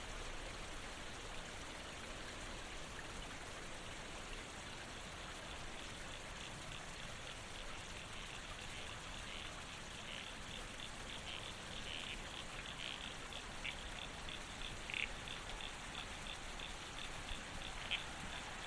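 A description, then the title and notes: A babbling creek runs steadily, a dense, even wash of bright splashing with small crisp droplet sounds popping through near the end. The babbling creek.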